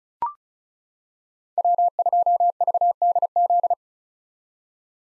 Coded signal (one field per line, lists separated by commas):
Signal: Morse code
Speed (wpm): 34 wpm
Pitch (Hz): 700 Hz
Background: none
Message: W2VDZ